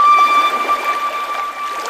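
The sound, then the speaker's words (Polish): A man imitates thick mud boiling in the biggest pot on the biggest burner and spilling over, a continuous hissy, bubbling gurgle that holds steady for two seconds, with a faint high tone humming underneath. “Wujek naśladuje, jak jego zdaniem gotuje się ono w największym garnku, na największym palniku, wylewając się aż z niego w postaci śliny.”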